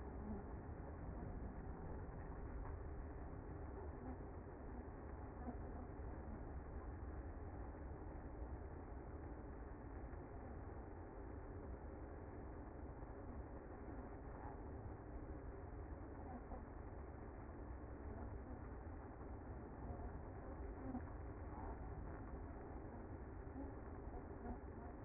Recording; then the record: honeybee colony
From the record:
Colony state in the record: active